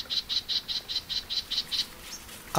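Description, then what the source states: Cactus Wren calling, a run of about nine harsh, gruff notes repeated evenly around five per second, then stopping, with hiss behind. Standing atop a barrel cactus, calling gruffly and joining a chorus of birds, in springtime light April rain, Anza-Borrego Desert, southeastern California.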